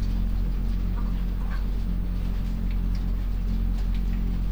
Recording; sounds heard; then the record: poultry house recording; sick chickens (respiratory disease)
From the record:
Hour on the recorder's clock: 20